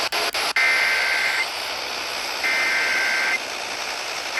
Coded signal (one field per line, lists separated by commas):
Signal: Emergency Alert System (SAME) tones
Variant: header bursts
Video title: An insane small Marginal Risk in Carolinas: EAS Alerts from 6/30/26